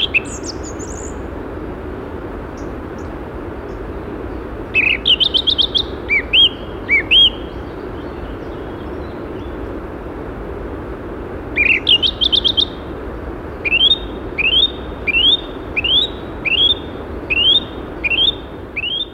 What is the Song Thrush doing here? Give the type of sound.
song